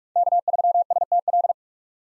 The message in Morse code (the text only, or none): K3STL